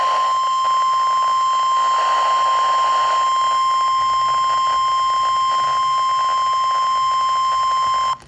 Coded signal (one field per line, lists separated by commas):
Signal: Emergency Alert System (SAME) tones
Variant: 1050 Hz attention tone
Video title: EAS Doubleheader severe thunderstorm warning and flood warning